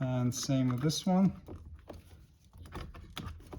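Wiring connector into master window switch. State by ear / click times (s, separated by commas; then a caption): not seated / none. On a 2021-2026 Toyota Sienna front door, a second plastic wiring connector is being inserted into the master window switch by hand while someone talks. After the talking come quiet handling rustles and small plastic taps, with one strong, sharp hit near 3.2 s. The connector has not seated or clicked yet.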